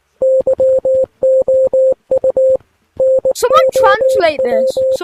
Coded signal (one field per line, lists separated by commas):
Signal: Morse code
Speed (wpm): 19 wpm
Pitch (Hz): 520 Hz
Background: speech, radio noise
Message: YOU NOW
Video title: Translate the Morse code